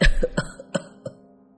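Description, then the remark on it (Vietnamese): An old man, hand raised over his mouth, gives a few dry, hoarse coughs in quick succession, the first loudest, each a short raspy burst that fades as the series tapers off, with no talking. “Nói tới đây, cụ già đưa tay lên bịt miệng, ho khan mấy tiếng, rồi mới tiếp tục”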